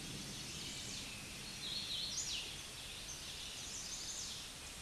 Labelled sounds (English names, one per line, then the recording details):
Hooded Warbler song
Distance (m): 40 m
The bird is about 5 m below the microphone
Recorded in a Pennsylvania forest on 16 May 2024 at 09:40
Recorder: AudioMoth, point MSD-1482
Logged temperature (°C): 15.6 °C
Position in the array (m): 142 m, 128 m